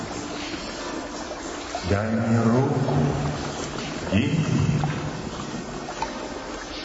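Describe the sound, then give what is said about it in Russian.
Water of a turbulent river laps steadily at the bank in a continuous, rushing wash, while a voice speaks briefly over it twice. “На берегу реки.”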